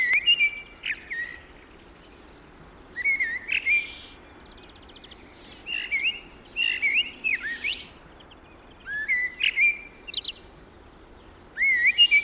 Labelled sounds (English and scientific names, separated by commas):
Common Blackbird (Turdus merula) song